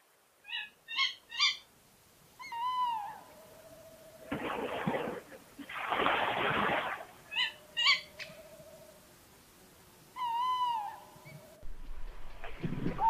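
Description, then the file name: Tawny owl calls: short paired notes, then drawn-out quavering hoots and a lower wavering tone, broken by loud rushing bursts of noise. "chouette hulotte"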